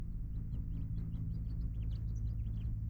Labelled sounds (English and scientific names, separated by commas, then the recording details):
House Finch (Haemorhous mexicanus) song
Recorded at Hewlett Harbor on Long Island, New York, on 10 June 1975
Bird M